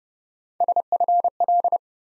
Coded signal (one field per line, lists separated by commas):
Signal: Morse code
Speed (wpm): 31 wpm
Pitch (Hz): 700 Hz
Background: none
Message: SFL